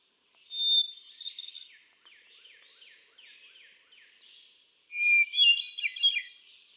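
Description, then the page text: Hermit thrush singing two phrases, each a clear whistled opening note into a fluty, tumbling flourish. Between them runs a faint series of downward slurred notes. Male singing on 13 June 2006 at Quabbin Park, Ware, Massachusetts; cycles through a repertoire of about ten different songs. "Birdsong for the Curious Naturalist. Hermit thrush. A truly gifted and inspiring songster. Can you hear how he cycles through his repertoire of about ten different songs? June 13, 2006. Quabbin Park, Ware, Massachusetts"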